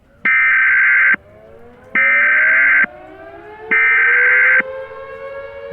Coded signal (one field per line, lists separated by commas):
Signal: Emergency Alert System (SAME) tones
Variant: header bursts